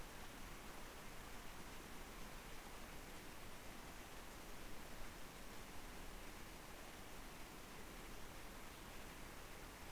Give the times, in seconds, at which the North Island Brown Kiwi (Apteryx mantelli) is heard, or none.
none